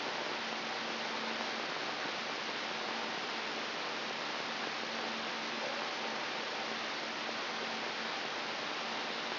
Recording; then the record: brain microelectrode recording played as sound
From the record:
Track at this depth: inside the subthalamic nucleus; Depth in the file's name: 6.931 mm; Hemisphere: right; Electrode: 3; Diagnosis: Parkinson's disease